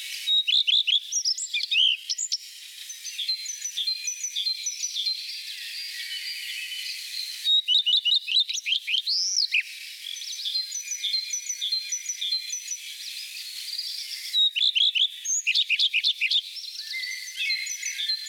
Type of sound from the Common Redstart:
song